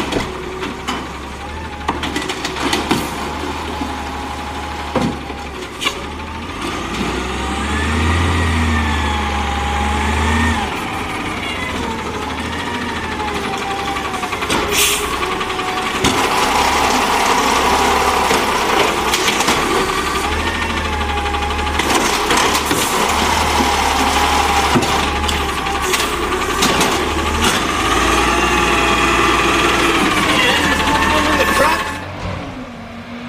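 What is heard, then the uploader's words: A garbage truck's engine rumbles steadily with deep low throbbing, whining mechanical tones rising and falling, and brief clanks throughout, cutting off near the end. Garbage Trucks.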